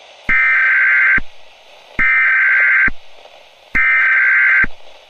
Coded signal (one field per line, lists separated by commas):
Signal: Emergency Alert System (SAME) tones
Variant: header bursts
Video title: FAKE (EAS Scenario) For Pittsburgh PA